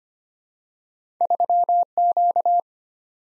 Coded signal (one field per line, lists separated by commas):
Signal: Morse code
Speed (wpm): 25 wpm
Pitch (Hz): 700 Hz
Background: none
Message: 3Q